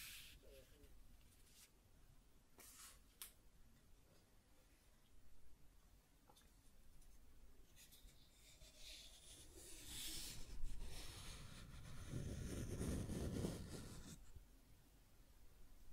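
Scratching and tracing sounds, irregular rubbing and scraping with short sharp ticks scattered through the first half. From about eight seconds the strokes grow louder and longer, with a heavy low rumbling scrape around twelve to fourteen seconds before easing off.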